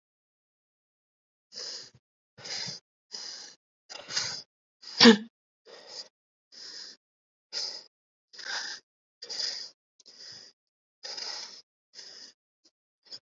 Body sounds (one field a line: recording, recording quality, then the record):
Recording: shallow breathing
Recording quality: excellent, no background noise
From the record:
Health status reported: exposed to COVID-19, no respiratory illness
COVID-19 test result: not tested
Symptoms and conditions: cough, sore throat, fatigue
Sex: male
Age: 25 years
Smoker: not ticked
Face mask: not worn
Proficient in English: yes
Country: India